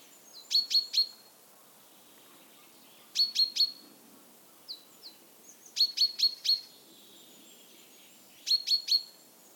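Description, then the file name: Common chaffinch calls: short sharp high notes in tight groups of three or four, with groups repeating every two to three seconds, and a few fainter single chips between them. "Fringilla coelebs"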